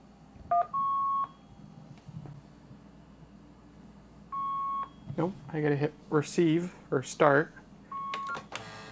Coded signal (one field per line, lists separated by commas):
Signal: fax machine handshake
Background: speech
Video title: Using a fax machine as a printer, with a modem and simulated phone line